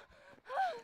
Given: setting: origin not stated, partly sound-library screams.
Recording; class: one-second piece from a danger detection set; woman in danger